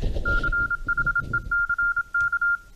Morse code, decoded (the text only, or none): CHECK